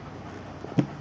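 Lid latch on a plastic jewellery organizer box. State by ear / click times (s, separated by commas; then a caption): seated / 0.8 s. The lid latch on a plastic earring and jewellery organizer box is closed, giving one short, sharp snap at 0.8 s over a quiet background. The latch snaps shut and the box is fully locked.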